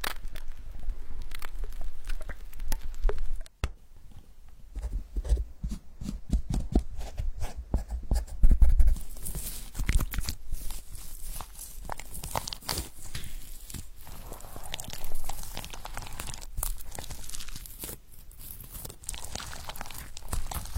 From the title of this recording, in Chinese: 敲击音水流声涂抹撕拉按摩音合集